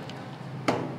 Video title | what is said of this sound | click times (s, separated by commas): PC BUILD PART - 3 - 40k Gaming pc tamil build tamil - how to make computer in tamil - hitech tamil | இதை fix பண்ணிட்டீங்க அப்படின்னா உங்களுக்கு lock ஆயிடும் | 0.7 s